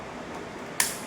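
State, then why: Seated. The cocking handle of a plastic toy soft-dart shooter is pulled back until its internal spring catch latches. A sharp, bright click at 0.8 s stands out against low background hiss and decays quickly, confirming the slide has seated in the catch. No one talks during the clip.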